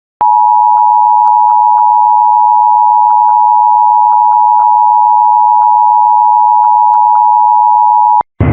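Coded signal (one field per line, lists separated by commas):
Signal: Emergency Alert System (SAME) tones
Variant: 853 and 960 Hz attention tone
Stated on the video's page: Fictional EAS scenario about exploding TVs, using valid EAS tones.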